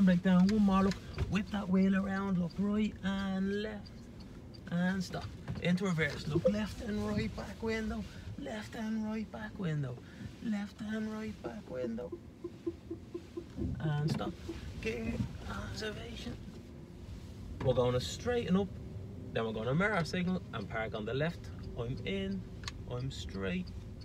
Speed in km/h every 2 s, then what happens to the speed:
2, 2, 0, 0, 0, 0, 0, 0, 6, 14, 13, 8.
0-15 standing. 15-18 pulls away to 14. 18-24 slows to 8.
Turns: none.